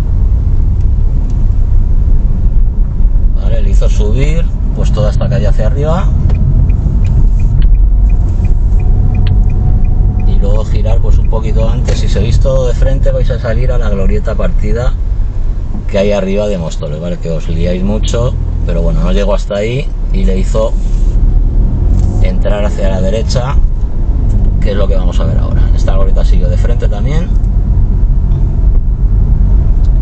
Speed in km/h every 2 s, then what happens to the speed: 17, 19, 19, 23, 24, 21, 9, 0, 0, 4, 15, 16, 24, 22, 21.
0-9 speeds up to 24. 9-14 brakes to 0. 14-16 standing. 16-24 pulls away to 24. 24-30 steady at about 22.